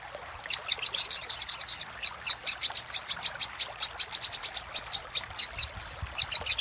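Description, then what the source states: Little spiderhunter in fast song, high metallic chirps building into a long, rapid run of evenly spaced notes. Master recording for training cage birds; Indonesian name Sogok Ontong, labelled Labaik.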